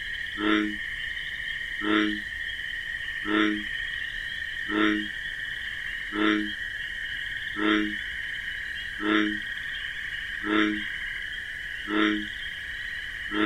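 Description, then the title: Bullfrog repeating low, resonant croaks at an even pace, roughly every 1.4 seconds, with a continuous shrill insect chorus behind. Nocturnal wetland scene with marsh grasses, crickets chorusing alongside a bullfrog's deep 'jug-o-rum' call. "Bullfrog Sound. The Wondrous Wetlands"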